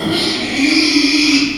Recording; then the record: squeal of a Yucatan mini pig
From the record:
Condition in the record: after surgery on the right vocal fold (resection and tissue-engineered implant); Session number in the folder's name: 2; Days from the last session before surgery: 13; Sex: male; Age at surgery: 12 weeks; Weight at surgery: 13 kg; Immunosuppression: cyclosporine, prednisolone